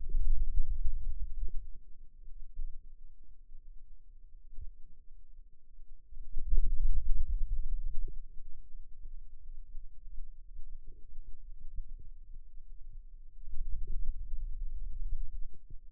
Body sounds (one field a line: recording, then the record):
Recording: forearm muscle sounds (acoustic myography)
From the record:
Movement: hand opening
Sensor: system 2, bracelet of six BSWA MPA416 microphones around the upper forearm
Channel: 5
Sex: male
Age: 22 years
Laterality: right